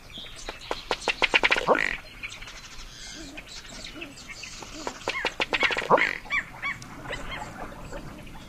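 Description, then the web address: Ruddy duck display: a fast run of dry ticking clicks ending in a low burping note, given twice with a pause between. North America; common western species. "Songs of Birds of North America Know Your Bird Sounds. Ruddy Duck"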